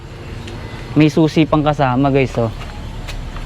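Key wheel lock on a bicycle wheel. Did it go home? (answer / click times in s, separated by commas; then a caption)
yes / 3.4 s. Someone talks while the key-operated wheel lock on a tricycle bike's wheel is engaged. A short, sharp click is heard at 3.4 s as the lock shuts, and the wheel is now locked.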